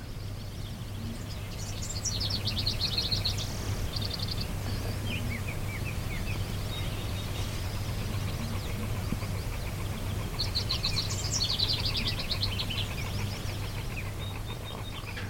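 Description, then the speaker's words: House Wren song, bubbly warbled phrases of rapid varied notes given twice with a pause between, over a steady low hum and background noise. Warbly, bubbly song of many differing notes; recorded at Dinosaur Provincial Park. "The nice warbly sound is house wren."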